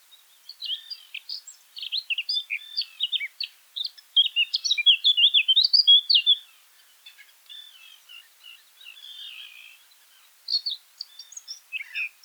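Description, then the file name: Eurasian blackcap giving a long, varied warbling song of scratchy and fluting notes, fading into a soft subdued twitter before a few louder closing notes. "Sylvia atricapilla"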